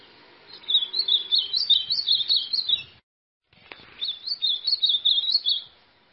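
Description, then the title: White-throated seedeater giving two rapid, high, bubbling song phrases of many quick notes, each about two seconds long, separated by a short silence. "Canto Do Golinha"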